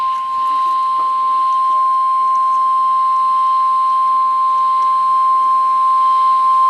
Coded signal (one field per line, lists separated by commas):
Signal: Emergency Alert System (SAME) tones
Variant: 1050 Hz attention tone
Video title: HALF DOLLAR SIZE HAIL! Severe Thunderstorm Warning! (EAS #2)